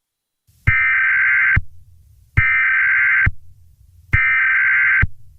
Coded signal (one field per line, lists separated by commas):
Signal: Emergency Alert System (SAME) tones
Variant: header bursts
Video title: EAS scenario | The Attack PT 2